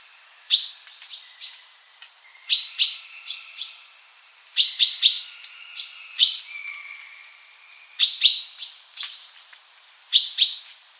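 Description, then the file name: Common chaffinch: clusters of short, sharp high notes in quick bursts at irregular intervals, with fainter lower steady tones beneath some bursts. "buchfinke"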